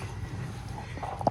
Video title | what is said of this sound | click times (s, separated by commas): CPR Tesla Repair - OdorErase Fresh Air Kit - Tesla Model 3/Y AC Cleaning Kit | And once it's snapped into place, | 1.2 s, 1.3 s